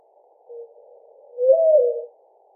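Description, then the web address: Mourning dove cooing: a brief faint low note, then a louder hollow coo that swells upward and eases back down. Recorded on 4 January 2007. "Mourning Dove 2007 01 04"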